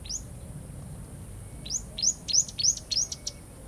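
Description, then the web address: Bird calls, a single high chirp, then a quick series of sharp, arching high notes over a low steady background rumble. Daytime river scene in a jungle or rainforest atmosphere. "river day bird call. dschungel regenwald"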